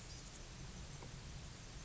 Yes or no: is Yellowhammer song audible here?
no